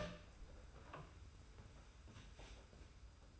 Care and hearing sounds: daily activity, microphone in the room; open door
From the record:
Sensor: 2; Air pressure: 991.4 hPa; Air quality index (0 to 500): 154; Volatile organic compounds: 545 ppm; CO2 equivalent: 4876 ppm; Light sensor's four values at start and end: 34/100/39/37 and 34/100/39/37

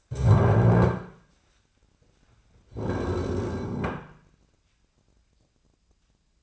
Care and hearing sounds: daily activity, microphone in the room; stand up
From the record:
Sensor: 2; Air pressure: 1009.1 hPa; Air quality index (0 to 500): 173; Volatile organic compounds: 2 ppm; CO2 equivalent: 1264 ppm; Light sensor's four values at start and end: 34/91/38/41 and 38/100/42/46

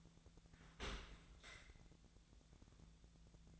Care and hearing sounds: daily activity, microphone in the room; open dishwasher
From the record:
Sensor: 3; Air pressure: 1000.4 hPa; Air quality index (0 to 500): 174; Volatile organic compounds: 3 ppm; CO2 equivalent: 1508 ppm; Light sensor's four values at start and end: 16/41/16/18 and 16/41/16/18

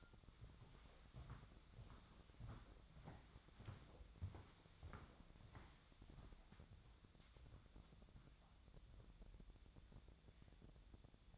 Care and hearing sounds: daily activity, microphone in the room; walk to room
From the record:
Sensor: 3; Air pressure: 1000.0 hPa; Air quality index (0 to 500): 121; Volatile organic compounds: 2 ppm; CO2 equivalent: 1090 ppm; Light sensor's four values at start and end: 38/93/41/45 and 38/94/41/45

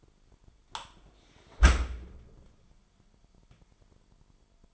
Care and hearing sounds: daily activity, microphone in the room; close dishwasher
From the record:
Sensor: 5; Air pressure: 998.5 hPa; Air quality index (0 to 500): 79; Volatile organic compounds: 1 ppm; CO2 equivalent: 900 ppm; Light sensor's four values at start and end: 25/59/25/27 and 25/59/25/27

